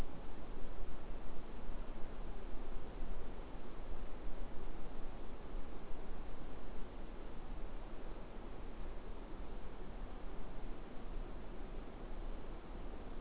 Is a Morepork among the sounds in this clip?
no